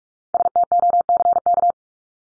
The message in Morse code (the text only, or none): STOCK